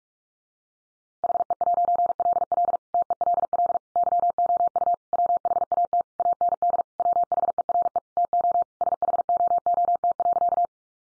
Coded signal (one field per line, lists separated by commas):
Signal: Morse code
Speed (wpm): 44 wpm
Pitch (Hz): 700 Hz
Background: none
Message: HE'LL TELL YOU WHAT AND WHERE TO SHOOT.